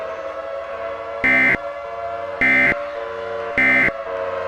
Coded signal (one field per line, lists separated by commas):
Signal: Emergency Alert System (SAME) tones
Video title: EAS Scenario - Diablo Canyon